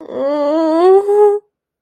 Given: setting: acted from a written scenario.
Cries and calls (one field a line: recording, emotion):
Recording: vocal sound without words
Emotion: sadness